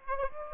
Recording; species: mosquito wingbeat signal from an infrared sensor; Aedes aegypti